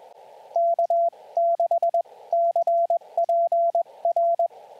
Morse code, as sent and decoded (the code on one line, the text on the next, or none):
-.- -.... -.-. .--. .-.
K6CPR